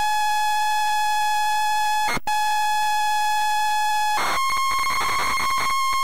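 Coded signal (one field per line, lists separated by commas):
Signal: ZX Spectrum tape loading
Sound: steady buzzing lead tone, a brief chirp, lead tone again, then harsh rasping data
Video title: Zx Spectrum Real Tape: Terrormolinos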